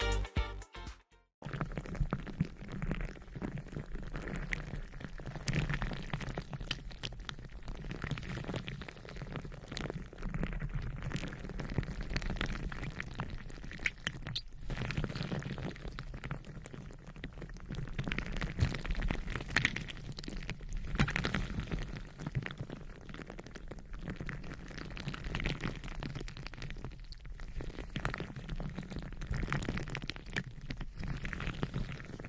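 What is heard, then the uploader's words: Slime is squeezed and worked almost nonstop, making thick, wet squelching sounds full of small pops and sticky clicks. After a short silent gap right at the start, the squishing runs on steadily and densely, weighted toward low, gooey tones. Satisfying Slime Sounds Asmr No Talking.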